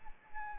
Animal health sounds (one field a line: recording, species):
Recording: mosquito wingbeat signal from an infrared sensor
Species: Anopheles arabiensis